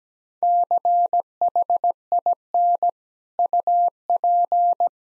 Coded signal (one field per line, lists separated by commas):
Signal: Morse code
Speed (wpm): 17 wpm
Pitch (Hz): 700 Hz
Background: none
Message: CHIN UP